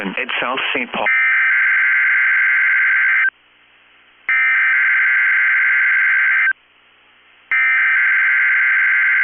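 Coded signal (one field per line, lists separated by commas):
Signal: Emergency Alert System (SAME) tones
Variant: header bursts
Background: speech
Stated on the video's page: Required Weekly Test from weather radio station KEC65.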